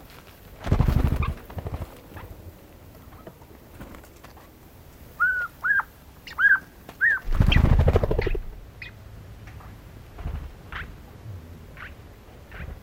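Kuukkeli calls: a run of short, rising chirped notes around five to seven seconds, with scattered softer squeaks before and after. Two loud, rough bursts with a low thump break in near one second and again around eight seconds.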